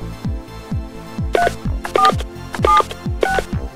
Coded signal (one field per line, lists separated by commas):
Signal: DTMF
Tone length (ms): 130 ms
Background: music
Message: 3476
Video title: PHONE HOW DOES IT WORK ? PHYSICALLY AND ELECTRICALLY CELLULAR OPERATION ANIMATED DEMONSTRATION